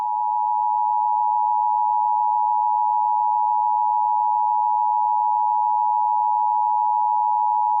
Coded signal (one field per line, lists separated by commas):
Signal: Emergency Alert System (SAME) tones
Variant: 853 and 960 Hz attention tone